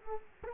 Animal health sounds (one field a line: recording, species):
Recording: mosquito wingbeat signal from an infrared sensor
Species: Culex quinquefasciatus